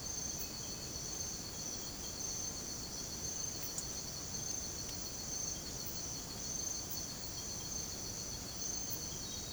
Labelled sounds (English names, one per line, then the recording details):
none
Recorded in secondary vegetation near Puerto Asís, Putumayo, Colombia, on 22 December 2024 at 05:00
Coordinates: 0.489, -76.322
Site G059